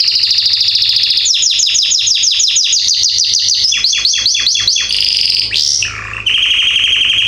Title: Esquente Seu Filhote E Canario Belga Macho Cantando Muito